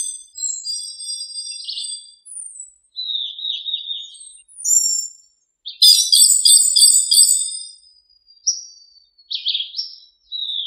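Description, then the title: Thrush singing bright, high whistled notes and short buzzy trills in irregular phrases separated by brief silences. "Sabia"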